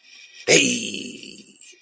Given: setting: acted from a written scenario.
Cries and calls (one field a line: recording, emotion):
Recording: vocal sound without words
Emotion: triumph